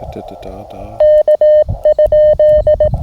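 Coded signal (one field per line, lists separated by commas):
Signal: Morse code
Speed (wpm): 17 wpm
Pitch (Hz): 620 Hz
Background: speech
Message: K?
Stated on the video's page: Morse sent from an MTR radio on a field Parks on the Air activation, using an end-fed half-wave antenna.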